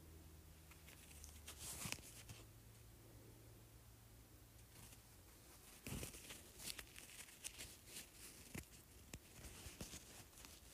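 Handling of a felt circle: soft scratches and brushing near two and six seconds, then frequent light taps, over a faint low hum.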